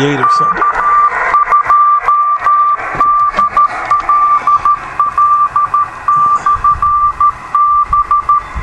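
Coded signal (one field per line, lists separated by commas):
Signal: Morse code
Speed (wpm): 13 wpm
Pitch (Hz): 1180 Hz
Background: speech, radio noise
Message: K2DLL/B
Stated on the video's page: 2 meter SSB testing of an assembled Cubex Scorpion II quad antenna.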